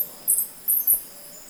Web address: Black jacobin. صدای-پرنده-گلنوش-سیاه